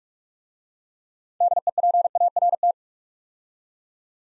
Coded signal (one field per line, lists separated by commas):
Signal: Morse code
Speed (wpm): 44 wpm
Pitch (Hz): 700 Hz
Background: none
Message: DEPART